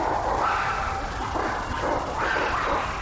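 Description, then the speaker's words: Black-and-white ruffed lemur barking in a harsh, raucous, continuous chorus of rough overlapping cries. Barking calls; lemurs live wild only in Madagascar. "It's also called a black and white ruffed lemur. This barking sound is just amazing."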